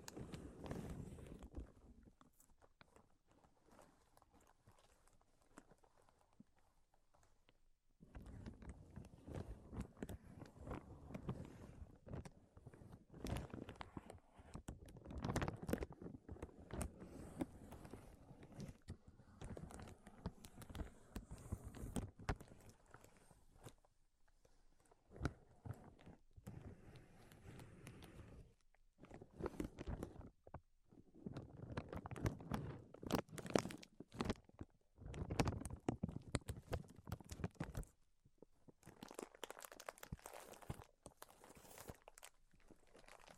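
Tapping, scratching and tracing sounds come in dense, gritty bursts of rapid clicks and scrapes, separated by brief silences near 2, 8, 24 and 38 seconds.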